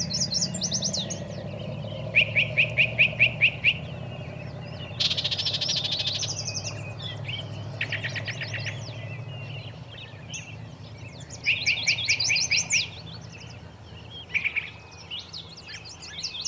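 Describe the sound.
Birds singing over a low hum. Repeated chirp series, a short buzzing burst and more rapid twittering phrases.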